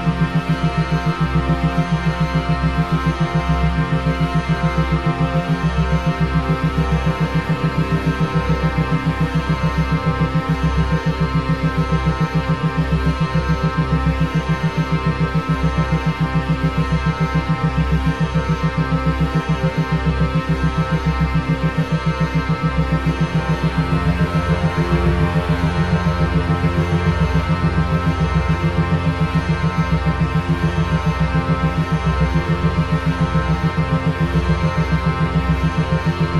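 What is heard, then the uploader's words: Mysterious ambience of steady sustained drone tones, dense low rumble with a faint regular pulsing, shifting slightly deeper and brighter after about twenty-five seconds. Altered States of Consciousness (7hz Theta Brainwaves & Mysterious Ambiences). Brainwave entrainment binaural beats.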